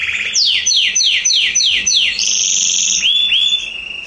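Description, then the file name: Canary song: several swooping downward notes in quick succession, then a high buzzy trill and two rising whistled notes. "Canary Voice"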